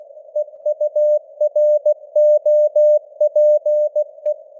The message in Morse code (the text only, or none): EUROPE